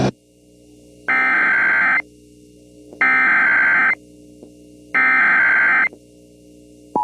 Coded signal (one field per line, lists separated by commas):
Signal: Emergency Alert System (SAME) tones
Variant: header bursts